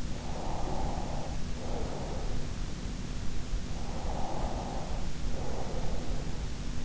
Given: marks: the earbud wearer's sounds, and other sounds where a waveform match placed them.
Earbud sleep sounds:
sounds in sleep by an in-ear microphone; breath
0.01-2.23 s: breath
3.80-6.16 s: breath

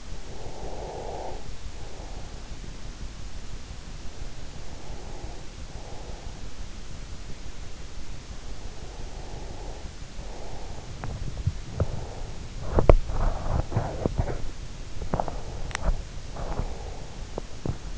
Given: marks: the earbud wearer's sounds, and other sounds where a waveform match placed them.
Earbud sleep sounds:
sounds in sleep by an in-ear microphone; breath, teeth grinding, swallowing
0.00-2.53 s: breath
4.22-6.75 s: breath
8.44-10.95 s: breath
10.95-15.53 s: teeth grinding
15.53-16.20 s: swallowing
16.06-17.22 s: breath
17.22-17.83 s: teeth grinding

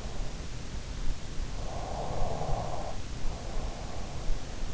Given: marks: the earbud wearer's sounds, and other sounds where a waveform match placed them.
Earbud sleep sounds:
sounds in sleep by an in-ear microphone; snoring breath
1.00-3.92 s: snoring breath

